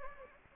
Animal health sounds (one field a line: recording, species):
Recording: mosquito wingbeat signal from an infrared sensor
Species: Anopheles gambiae